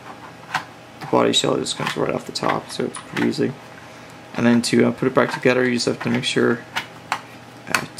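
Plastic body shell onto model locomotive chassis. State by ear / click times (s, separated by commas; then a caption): seated / 7.1 s, 7.8 s. Someone talks while a plastic body shell from a model railway locomotive is pressed back down onto its chassis. Two sharp clicks at 7.1 s and 7.8 s mark the shell popping back into place, seated.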